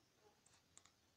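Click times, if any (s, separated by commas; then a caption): none. On a second try, a small plastic apron piece is handled and pressed toward the PVC body of a Nendoroid Misaki Takahashi (Junjou Romantica) collectible figure, with short, sharp plastic ticks at about 0.8 and 0.9 seconds over quiet background noise. The part has not yet seated or clicked into place.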